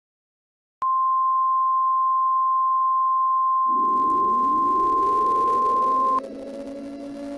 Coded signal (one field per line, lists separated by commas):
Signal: Emergency Alert System (SAME) tones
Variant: 1050 Hz attention tone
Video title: EAS Scenario: True Angel?